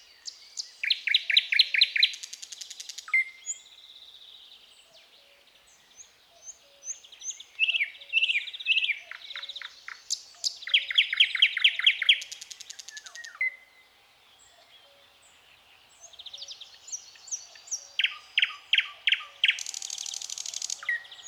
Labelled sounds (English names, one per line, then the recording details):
Thrush Nightingale song
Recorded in the wild
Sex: male
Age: adult
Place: Nadwarcianski Park Krajobrazowy, Greater Poland Voivodeship, PL
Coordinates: 52.2068, 17.7942
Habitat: Riparian forest
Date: 2017-05-16 09:20
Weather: light cloud, light breeze
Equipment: Marantz PMD660 recorder, Sennheiser ME67 directional microphone
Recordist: Souriau, Abel